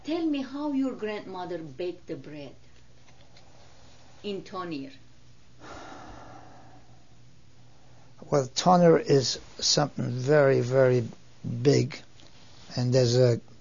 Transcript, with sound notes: Tell me how your grandmother baked the bread in tonier.
(he sighs) Well, tonier is something very, very big. And there's a